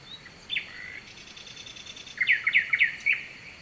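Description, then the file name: Nightingale song with a short slurred opening, a faint high rattle, then a burst of fast, loud, sweeping chirps, against a background of steady rushing noise. Nightingale singing at night with a distant stream, at Kovachevitsa, Bulgaria. "Noshten slavej i dalechen potok (s Kovachevica)"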